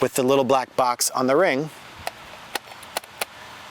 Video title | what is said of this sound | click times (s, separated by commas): T6 Mechanics | twist it boom till it clicks you can feel that it's not going to go anywhere | 3.2 s